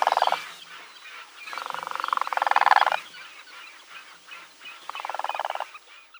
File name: ZHuravl krasavka